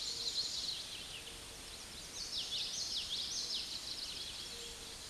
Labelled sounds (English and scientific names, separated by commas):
Common Yellowthroat (Geothlypis trichas) song